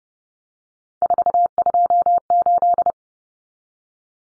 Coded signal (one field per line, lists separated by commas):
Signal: Morse code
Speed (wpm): 30 wpm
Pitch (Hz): 700 Hz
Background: none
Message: 428